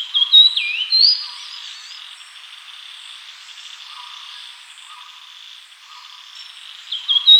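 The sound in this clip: Grey-cheeked fulvetta song: short high, thin whistled phrases with quick rising and falling notes at the start and again at the end, over a steady background hiss.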